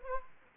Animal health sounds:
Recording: mosquito wingbeat signal from an infrared sensor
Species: Anopheles arabiensis

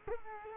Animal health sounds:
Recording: mosquito wingbeat signal from an infrared sensor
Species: Culex quinquefasciatus

